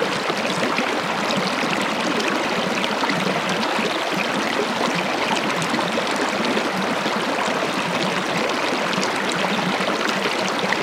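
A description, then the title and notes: A creek rushes steadily past, its flowing water a dense, constant wash with bright splashy detail and a fuller churning undertone. The level holds even throughout, with quick ripples and gurgles flickering across the surface. Tour the rivers and creeks of north-central Colorado. Field recordings by Jacob Job.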